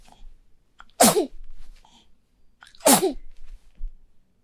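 A baby sneezes twice, each a sharp, bright burst followed by a short breathy tail.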